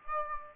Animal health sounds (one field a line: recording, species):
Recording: mosquito wingbeat signal from an infrared sensor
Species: Aedes albopictus